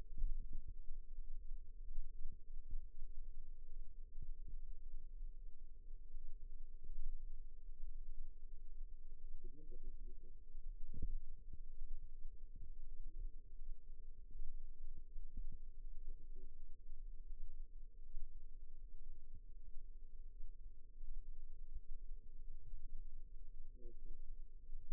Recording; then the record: forearm muscle sounds (acoustic myography)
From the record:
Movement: rest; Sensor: system 2, bracelet of six BSWA MPA416 microphones around the upper forearm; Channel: 3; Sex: female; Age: 21 years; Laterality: right